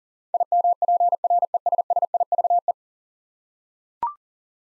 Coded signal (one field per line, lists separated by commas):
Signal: Morse code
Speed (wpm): 40 wpm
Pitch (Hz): 700 Hz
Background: none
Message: IMPRESSIVE